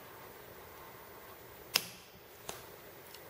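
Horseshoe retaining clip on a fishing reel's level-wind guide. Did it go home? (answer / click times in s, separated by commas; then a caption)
yes / 1.8 s. A small horseshoe-shaped metal retaining clip is fitted onto the level-wind guide of an Abu Garcia Revo 4 X baitcasting fishing reel during reassembly. A sharp metallic snap at 1.8 seconds marks the clip locking into place, followed by a softer tick at 2.5 seconds over a quiet background. The clip is seated properly.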